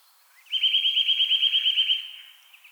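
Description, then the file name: Eurasian nuthatch calling in a quick, steady trill of rapid, evenly spaced notes lasting about one and a half seconds, fading at the end. "Sitta europaea"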